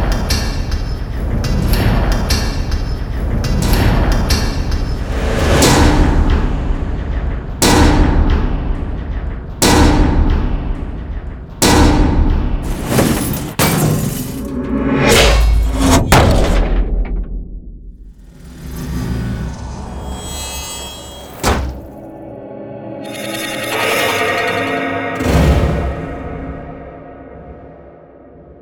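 Designed metal sound effects: a run of heavy clanks and impacts, each with a bright, sharp attack and a ringing, scraping tail, dense through the first sixteen seconds. After that the hits thin out into a lower, grinding rumble with a few isolated strikes near 21 and 25 seconds.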